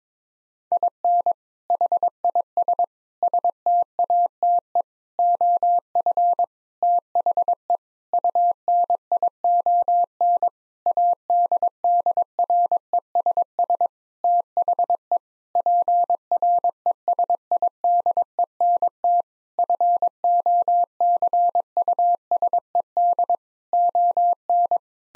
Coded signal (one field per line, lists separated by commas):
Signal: Morse code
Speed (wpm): 22 wpm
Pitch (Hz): 700 Hz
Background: none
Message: IN HIS STATE OF THE UNION ADDRESS THE PRESIDENT FOCUSED ON